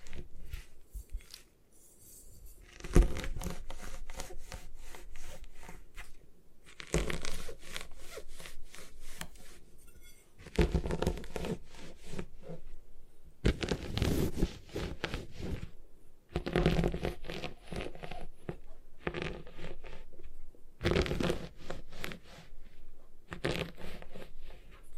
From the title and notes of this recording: ASMR Satisfying Ways to Destroy Gym Chalk (No Talking).